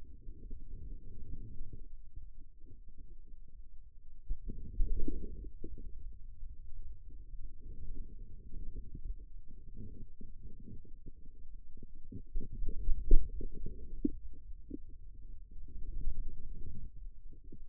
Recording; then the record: forearm muscle sounds (acoustic myography)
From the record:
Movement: radial deviation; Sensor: system 2, bracelet of six BSWA MPA416 microphones around the upper forearm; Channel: 6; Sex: male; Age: 22 years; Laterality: right